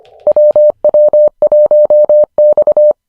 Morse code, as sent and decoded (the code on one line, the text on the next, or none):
.-- / .-- / .---- / -..-
W W 1 X